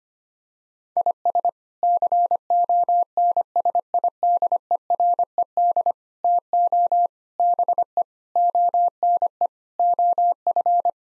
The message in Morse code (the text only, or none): IS CONSIDERED TO BE ONE OF